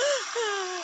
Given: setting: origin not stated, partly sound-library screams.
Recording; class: one-second piece from a danger detection set; woman in danger